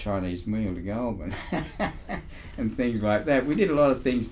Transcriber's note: laughs